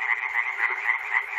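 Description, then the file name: Frog chorus, a brief burst of dense overlapping rattling croaks. Frogs recorded at Chernobyl. "peter cusack-chernobyl frogs"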